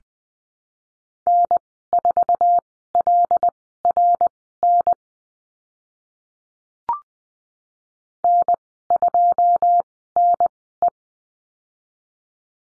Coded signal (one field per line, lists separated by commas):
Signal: Morse code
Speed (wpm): 20 wpm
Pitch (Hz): 700 Hz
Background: none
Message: N4LRN N2NE